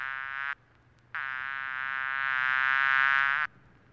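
Fly buzzing: a short steady buzz, a brief pause, then a longer drone that swells slightly louder before stopping abruptly.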